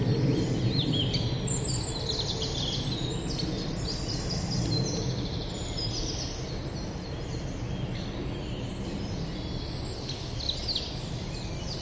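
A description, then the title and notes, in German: Outdoors on a spring walk through a forest, with a steady low rumble and rustle filling the background throughout. Birds chirp and call busily in the high range, several at once, their calls overlapping almost continuously across the whole twelve seconds. Springwalk. Frühlingsspaziergang. The weather could be better, nevertheless I set out to capture some spring atmosphere. I'll take you on a little walk through the forest.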